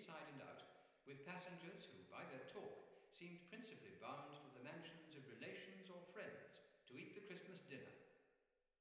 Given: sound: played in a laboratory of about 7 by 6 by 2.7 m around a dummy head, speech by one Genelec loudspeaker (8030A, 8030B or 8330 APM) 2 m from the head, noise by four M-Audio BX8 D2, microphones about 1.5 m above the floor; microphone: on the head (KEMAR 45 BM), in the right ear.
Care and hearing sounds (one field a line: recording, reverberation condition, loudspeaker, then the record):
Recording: male speech in English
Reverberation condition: high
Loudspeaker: 60 degrees to the right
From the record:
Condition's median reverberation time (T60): about 1300 ms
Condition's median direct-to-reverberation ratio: about -4.0 dB